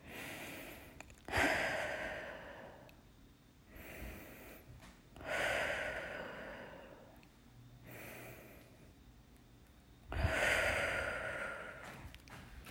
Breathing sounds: deep breathing after running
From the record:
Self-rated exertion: light exertion (2 of 6); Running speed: 6 miles an hour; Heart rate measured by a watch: 98 beats a minute at the start, 119 at the end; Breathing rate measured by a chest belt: 14 breaths a minute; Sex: female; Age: 28 years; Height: 155 cm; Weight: 44 kg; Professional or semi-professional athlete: no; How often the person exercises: 3 to 5 times a week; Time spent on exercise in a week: over 5 hours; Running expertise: yes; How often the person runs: 3 to 5 times a week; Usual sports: running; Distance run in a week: 45 km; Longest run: 32 km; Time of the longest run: 200 minutes

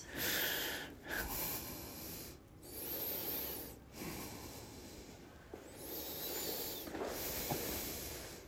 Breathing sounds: deep breathing after running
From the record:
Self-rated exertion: vigorous exertion (4 of 6); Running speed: 8 miles an hour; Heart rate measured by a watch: 123 beats a minute at the start, 122 at the end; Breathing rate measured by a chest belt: 15 breaths a minute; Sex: male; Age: 57 years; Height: 170 cm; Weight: 58 kg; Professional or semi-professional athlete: no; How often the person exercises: 3 to 5 times a week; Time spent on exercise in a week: 4 to 5 hours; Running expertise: no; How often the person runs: 3 to 5 times a week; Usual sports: running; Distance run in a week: 50 km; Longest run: 50 km

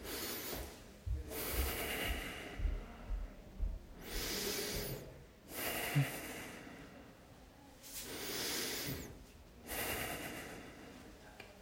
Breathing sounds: deep breathing after running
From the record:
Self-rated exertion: light exertion (2 of 6); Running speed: 7 miles an hour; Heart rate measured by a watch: 95 beats a minute at the start, 97 at the end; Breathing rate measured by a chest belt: 15 breaths a minute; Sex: male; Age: 24 years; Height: 185 cm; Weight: 79 kg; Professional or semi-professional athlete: no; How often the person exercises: 1 to 2 times a week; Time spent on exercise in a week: 2 to 3 hours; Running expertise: no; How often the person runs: 1 to 2 times a week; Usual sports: running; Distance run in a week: 20 km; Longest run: 10 km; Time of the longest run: 50 minutes

